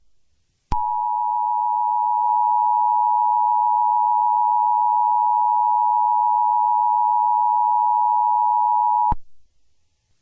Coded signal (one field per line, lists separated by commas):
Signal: Emergency Alert System (SAME) tones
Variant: 853 and 960 Hz attention tone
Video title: EAS Scenario: Godzilla - Titans of Earth (TRIPLEVERSE 2 PART 1)